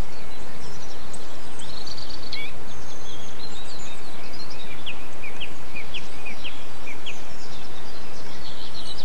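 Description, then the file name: Bird song with bright, sharp chirps repeated in a loose series, over heavy steady background noise. Birdsong extract recorded 8 April 2007 on an MZ-N 710 recorder. "MZ-N 710 Chants d oiseaux 8 04 07 extrait"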